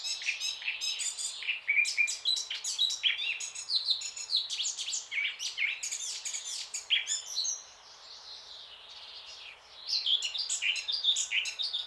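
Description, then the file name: Eurasian blackcap warbling: a long, dense twittering jumble of high scratchy and squeaky notes, briefly quieting late on before resuming. "Sylvia atricapilla"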